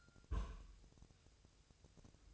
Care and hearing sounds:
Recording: daily activity, microphone in the room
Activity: place on stove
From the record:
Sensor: 2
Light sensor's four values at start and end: 6/15/6/6 and 6/15/6/6

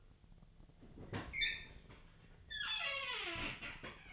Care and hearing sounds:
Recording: daily activity, microphone in the room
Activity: open fridge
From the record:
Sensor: 4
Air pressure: 1010.5 hPa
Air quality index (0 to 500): 177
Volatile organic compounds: 5 ppm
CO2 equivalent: 1798 ppm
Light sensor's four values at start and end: 32/94/37/37 and 27/82/32/32

